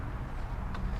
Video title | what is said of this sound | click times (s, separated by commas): 2016-17 Camaro 2ss Review | you should hear a pop so | 0.8 s